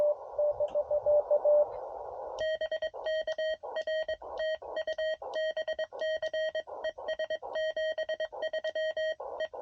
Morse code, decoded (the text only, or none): BK R TU BC ES 73 E